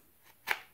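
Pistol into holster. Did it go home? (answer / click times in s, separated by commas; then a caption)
yes / 0.5 s. A CZ P07 pistol is pushed into a plastic clip-on Urban Grey holster from 1441 gear to show its retention. After a faint rustle near 0.3 s, a single short, bright impact at 0.5 s, likely the gun bottoming out in the shell, is the loudest moment. There is no real audible click as with most rigid plastic holsters, but the gun is seated and locked in place.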